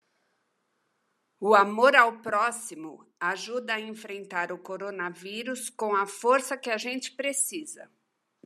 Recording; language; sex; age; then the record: spoken sentence; Brazilian Portuguese; female; 60 to 69 years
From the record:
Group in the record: control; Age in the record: 62 years